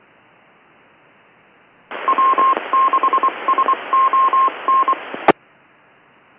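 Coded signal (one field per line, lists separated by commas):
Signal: Morse code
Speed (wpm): 21 wpm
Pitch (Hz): 1060 Hz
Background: radio noise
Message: W6SON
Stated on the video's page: Local 2 m traffic including FM simplex and SSB, plus AllStarLink node.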